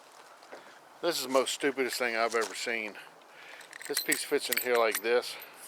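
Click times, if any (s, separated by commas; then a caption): none. Someone talks while handling a plastic insert piece of a Scotty fish finder mount for a Quest Angler 10, fitting it into the mount base's housing, where plastic C-shaped clips hold it. The piece has not snapped into place yet, and nothing has seated or clicked by the end of the clip.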